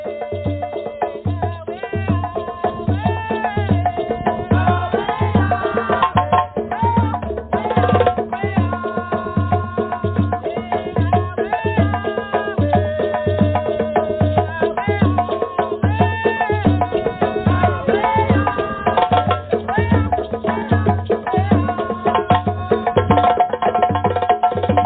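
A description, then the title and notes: Drumming with a steady, fast beat of low thumps repeating evenly from start to finish. Above it runs a dense layer of sustained and sliding melodic tones, busy and fairly constant in loudness, with the highest sounds cut off, giving a muffled top. DRUMMING SOUNDS,VIBRATION FREQUENCIES.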